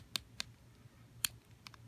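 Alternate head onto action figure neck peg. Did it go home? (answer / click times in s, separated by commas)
no / none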